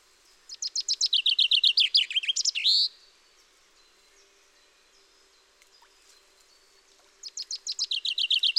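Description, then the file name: Common chaffinch song: a tumbling series of repeated notes that drops in pitch and ends in a rising flourish. A second song begins after a quiet gap and is cut off. "Fringilla coelebs"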